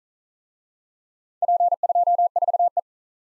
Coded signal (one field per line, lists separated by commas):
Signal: Morse code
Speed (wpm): 43 wpm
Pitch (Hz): 700 Hz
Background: none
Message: P24E